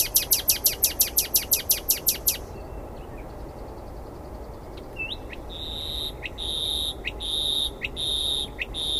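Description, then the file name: Common nightingale song: a rapid series of loud sharp repeated notes, a pause, then long high whistles repeated steadily. "Luscinia megarhynchos"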